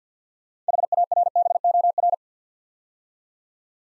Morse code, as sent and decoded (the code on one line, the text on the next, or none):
.... .- .-. -... --- .-.
HARBOR